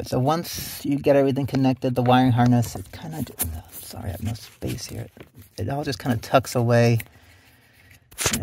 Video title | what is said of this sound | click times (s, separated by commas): 2016 - 2025 Mazda MX5 ND MX5Things ACC/IG Power controller Installation & Demo! | clips right in place make sure you push it in all the way and hear that audible click | 8.3 s